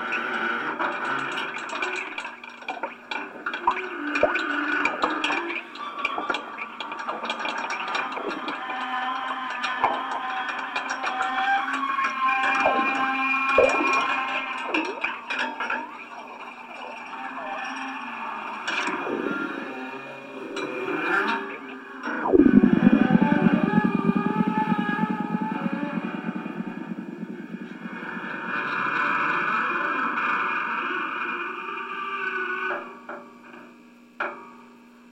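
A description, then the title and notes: Bowing on an amplified chair and other objects makes a dense, scraping drone with sustained groaning tones and frequent clicks and knocks through the first twenty seconds. Around 22 seconds a loud, low, rough buzz takes over, then fades into thinner held tones before a final sharp knock. I was sitting in the desert bowing an amplified chair and some other things.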